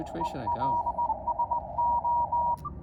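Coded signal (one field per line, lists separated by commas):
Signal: Morse code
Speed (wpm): 21 wpm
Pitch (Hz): 950 Hz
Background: speech, radio noise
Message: ELSO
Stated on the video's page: Parks on the Air QRP activation of a park in Illinois, fast-paced, sent with a KX2 and KXPD3 paddles used as a cootie, into a 9:1 vertical.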